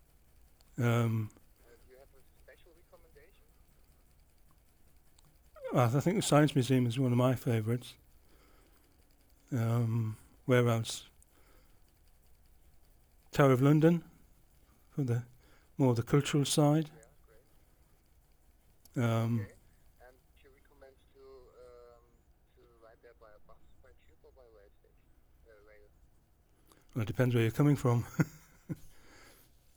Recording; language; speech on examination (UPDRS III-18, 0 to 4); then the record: conversation on a phone call; English; 1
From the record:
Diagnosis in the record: Parkinson's disease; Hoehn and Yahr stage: 3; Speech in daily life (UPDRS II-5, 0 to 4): 0